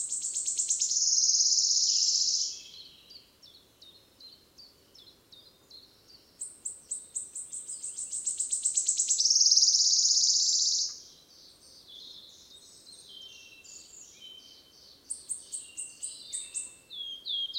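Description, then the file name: Wood warbler singing: a shimmering high trill fades, then accelerating ticking notes build into another bright trill before softer scattered notes follow. Recorded 10 May 2008, 11:17. "20080510 1117 Phylloscopus sibilatrix"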